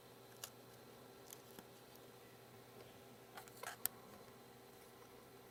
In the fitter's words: then last will be ribbon cable number one make sure it is fully seated and snapped into place now